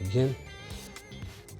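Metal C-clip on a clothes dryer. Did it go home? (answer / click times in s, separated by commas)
yes / 1.0 s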